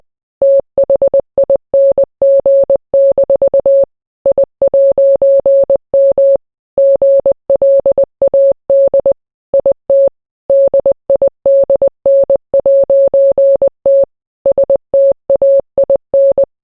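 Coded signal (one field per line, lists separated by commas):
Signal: Morse code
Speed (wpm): 20 wpm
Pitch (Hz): 550 Hz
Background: none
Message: THING- I'M GLAD IT DIDN'T STAIN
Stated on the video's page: International Morse made with a Morse code translator, not keyed by hand.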